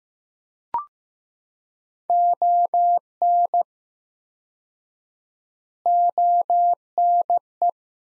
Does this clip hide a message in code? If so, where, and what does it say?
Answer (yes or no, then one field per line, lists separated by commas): yes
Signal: Morse code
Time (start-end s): 2.1-7.7 s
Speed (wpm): 15 wpm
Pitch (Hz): 700 Hz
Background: none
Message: ON ONE